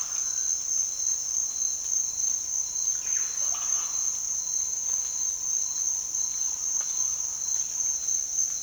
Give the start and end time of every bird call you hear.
0.00s-0.57s: bird call
2.97s-4.03s: bird call

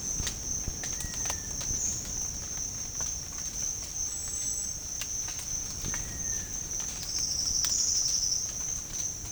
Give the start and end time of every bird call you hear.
0.86s-1.55s: bird call
5.82s-6.55s: bird call

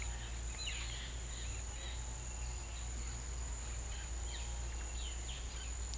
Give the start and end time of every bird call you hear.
0.00s-2.30s: bird call
4.37s-5.97s: bird call

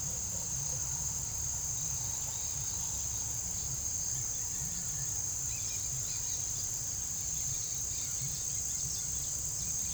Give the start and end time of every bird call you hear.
1.65s-6.76s: bird call
7.16s-9.94s: bird call

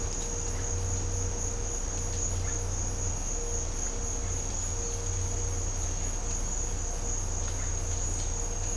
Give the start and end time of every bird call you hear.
8.17s-8.28s: bird call

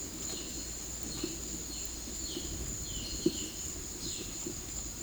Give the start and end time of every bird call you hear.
0.00s-3.63s: bird call
4.01s-4.29s: bird call

